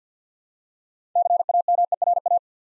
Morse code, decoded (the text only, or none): CAMERA